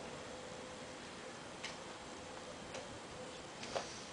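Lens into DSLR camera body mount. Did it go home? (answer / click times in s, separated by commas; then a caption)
yes / 1.6 s. A zoom lens is lined up with the bayonet mount of a Nikon D3300 DSLR camera body and turned until it fits. It locks with a positive, solid click at 1.6 s, and two more light ticks follow at about 2.8 s and 3.8 s over a steady background hiss with a faint tone. The lens is seated on the mount.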